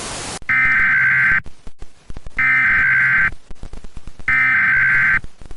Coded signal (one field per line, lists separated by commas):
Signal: Emergency Alert System (SAME) tones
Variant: header bursts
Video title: SCP-001: When Day Breaks (EAS Mock Scenario)